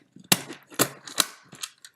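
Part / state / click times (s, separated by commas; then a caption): motherboard casing onto sliding door opener unit / seated / 0.3 s, 1.2 s. The plastic casing over the motherboard of an automatic sliding door opener unit is pressed back on until it snaps home. Sharp clicks land at 0.3 s and 1.2 s, with a similar click at 0.8 s and softer taps and rattles between them. The casing is confirmed as clicked back into place.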